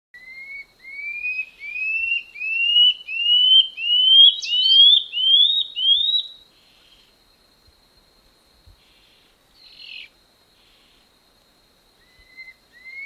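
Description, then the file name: Common scale-backed antbird song: a series of about ten upslurred whistles, each climbing higher than the last, ending abruptly, then a few quiet notes starting again. "canto do rendadinho"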